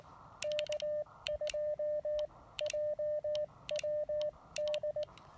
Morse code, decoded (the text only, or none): K2JWD